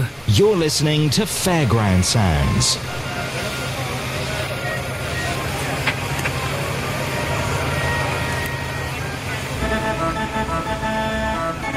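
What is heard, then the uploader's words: Fairground sounds open with a loud voice calling out in sweeping, sing-song bursts for the first few seconds. A steady low mechanical drone, like an engine or generator, then carries on underneath, with faint voices and some tuneful tones rising near the end. Fairground Sounds.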